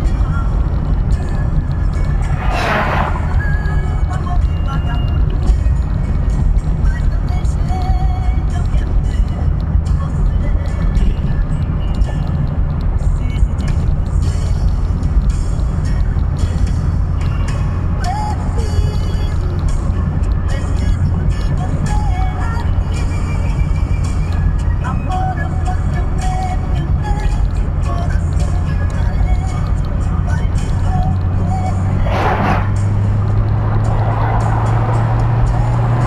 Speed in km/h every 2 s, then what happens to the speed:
50, 49, 50, 51, 52, 53, 54, 55, 56, 57, 57, 56, 54, 54, 56, 62, 66, 79.
0-26 steady at about 54. 26-36 speeds up to 79.